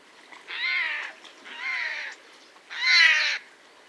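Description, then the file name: Eurasian jay giving harsh, rasping screeches: three broad noisy calls spaced about a second apart, the final one loudest, with no other clear sounds. "Garrulus glandarius"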